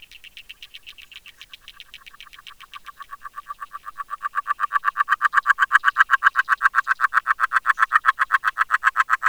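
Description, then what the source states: Agile frog singing underwater, a long, even series of soft clucking pulses that swells louder through the first half, then holds steady. Singing underwater from 3 a.m. in the deepest part (50 cm) of a pond, Plaine des Maures nature reserve, late January/1 February 2020, mild night; Nagra LB recorder with DPA 8011 hydrophone.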